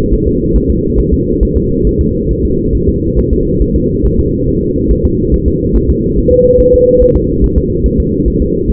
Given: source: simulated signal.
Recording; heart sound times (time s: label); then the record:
fetal heart sounds
0.14 s: S1
0.27 s: S2
0.56 s: S1
0.70 s: S2
1.00 s: S1
1.14 s: S2
1.43 s: S1
1.57 s: S2
1.87 s: S1
2.01 s: S2
2.31 s: S1
2.45 s: S2
2.75 s: S1
2.89 s: S2
3.19 s: S1
3.33 s: S2
3.62 s: S1
3.76 s: S2
4.06 s: S1
4.20 s: S2
4.49 s: S1
4.62 s: S2
4.91 s: S1
5.05 s: S2
5.34 s: S1
5.48 s: S2
5.76 s: S1
5.90 s: S2
6.18 s: S1
6.32 s: S2
6.60 s: S1
6.74 s: S2
7.02 s: S1
7.16 s: S2
7.44 s: S1
7.58 s: S2
7.86 s: S1
8.00 s: S2
8.28 s: S1
8.42 s: S2
8.70 s: S1
From the record:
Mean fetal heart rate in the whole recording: 140 bpm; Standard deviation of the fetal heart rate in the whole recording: 2 bpm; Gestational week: 34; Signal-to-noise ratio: -14.7 dB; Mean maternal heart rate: 72 bpm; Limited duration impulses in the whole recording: present